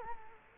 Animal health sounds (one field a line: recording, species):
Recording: mosquito wingbeat signal from an infrared sensor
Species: Culex quinquefasciatus